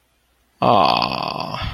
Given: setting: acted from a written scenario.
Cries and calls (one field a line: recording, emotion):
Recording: vocal sound without words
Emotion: sadness